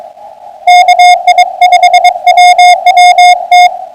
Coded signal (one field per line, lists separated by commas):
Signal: Morse code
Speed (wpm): 22 wpm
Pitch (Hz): 2150 Hz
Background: music, radio noise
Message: KI5WWT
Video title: Saturday Evening Pota Hunt -5-23-2026